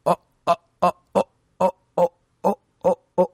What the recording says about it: Let's say I'm stuttering on a word with a vowel onset. I'm stuttering on the O on over.